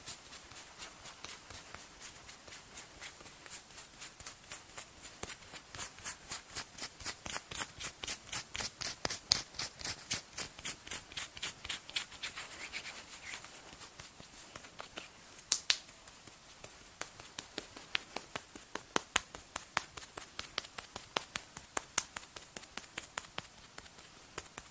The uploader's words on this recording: ASMR Relaxing Massage (Cleansing, Face Touching, Body Mousse, Personal Attention, No Talking).